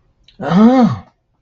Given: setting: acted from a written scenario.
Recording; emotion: vocal sound without words; elation